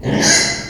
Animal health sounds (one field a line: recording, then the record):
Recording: squeal of a Yucatan mini pig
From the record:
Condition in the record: before surgery on the right vocal fold (resection and tissue-engineered implant)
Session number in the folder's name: 2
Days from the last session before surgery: 0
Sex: male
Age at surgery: 12 weeks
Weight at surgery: 13 kg